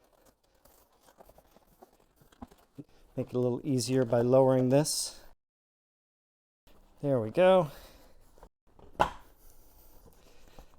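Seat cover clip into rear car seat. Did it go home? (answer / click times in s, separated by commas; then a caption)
yes / 9.0 s. A rear seat cover piece from an EVbase seat cover set is fitted into the rear seat of a Tesla Model 3, with the seat lowered first to make the fit easier. Someone talks over faint rustling and light taps, then a single sharp snap is heard at 9.0 s. The cover section is seated and clipped into place.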